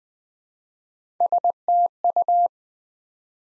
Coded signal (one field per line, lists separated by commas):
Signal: Morse code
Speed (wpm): 20 wpm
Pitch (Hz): 700 Hz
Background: none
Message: STU